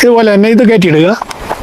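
An end cap fitting is being pushed onto the end of a plastic irrigation rain-hose pipe, to be locked by pulling it back, while someone talks through most of the clip. After the talking stops near 1.2 s, only a few faint, low-level handling sounds remain. Nothing has seated or clicked yet.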